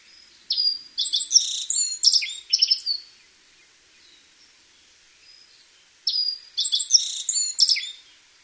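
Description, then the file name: Black-faced bunting song: two bright phrases, each opening with a thin high whistle, then a jumble of chirpy, slightly buzzy notes, a few seconds apart; quiet background. "aoji"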